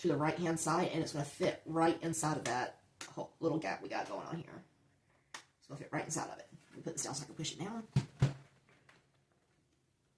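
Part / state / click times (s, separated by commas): plastic building brick piece into a gap in a toy castle model / not seated / none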